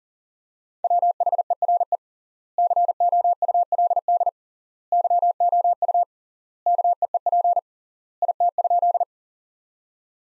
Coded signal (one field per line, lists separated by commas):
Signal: Morse code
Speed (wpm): 40 wpm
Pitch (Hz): 700 Hz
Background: none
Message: WHERE COULD YOU KEEP IT?